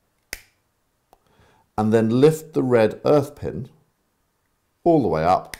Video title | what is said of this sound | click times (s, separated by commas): Loop Electricity Monitor Starter Kit Installation | to assemble the power plug for the loop receiver you simply raise this leg until you hear the click | 0.3 s